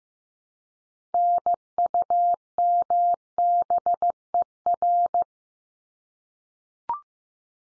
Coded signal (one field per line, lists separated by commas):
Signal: Morse code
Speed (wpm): 15 wpm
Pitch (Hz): 700 Hz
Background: none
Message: NUMBER